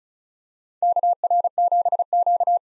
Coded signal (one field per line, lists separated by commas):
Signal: Morse code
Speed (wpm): 36 wpm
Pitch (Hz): 700 Hz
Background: none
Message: KR7Q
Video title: 2023 SOTA Chaser Call Signs - 35wpm